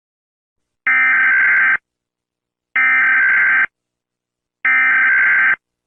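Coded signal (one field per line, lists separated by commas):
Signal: Emergency Alert System (SAME) tones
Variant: header bursts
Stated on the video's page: Homemade fake EAS alert.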